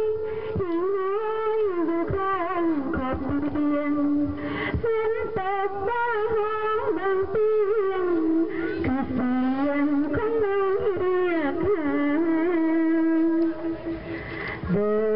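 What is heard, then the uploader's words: A woman sings over a public address system at a busy night market, her voice amplified, bright and continuous, with long held notes that slide and waver. The loudness stays high and even throughout, and the sound is narrow and slightly boxy, as through small loudspeakers. A woman singing over a PA system at the Night Market on Sisvangvong Street in Luang Prabang, Laos. Woman singing on PA system at night market.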